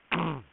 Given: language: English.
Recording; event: throat vibration sensor signal played as sound; throat clearing